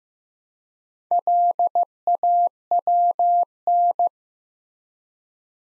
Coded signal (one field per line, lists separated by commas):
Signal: Morse code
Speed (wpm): 15 wpm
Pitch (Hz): 700 Hz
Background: none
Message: LAWN